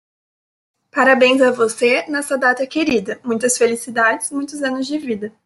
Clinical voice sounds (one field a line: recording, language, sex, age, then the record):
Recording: short text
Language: Brazilian Portuguese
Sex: female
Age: 20 to 29 years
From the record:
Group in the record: control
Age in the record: 22 years